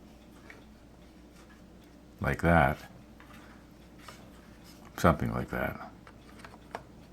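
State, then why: Partly seated. A previously built plastic sub-assembly of a 1/48 scale submarine model is plugged into its spot on the model hull and pressed down while someone talks, with faint handling ticks along the way. A short, sharp tick sounds at 6.8 s as the part is pressed nearly home. It is almost locked into place but not fully seated.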